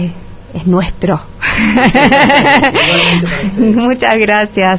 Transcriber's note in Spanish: risas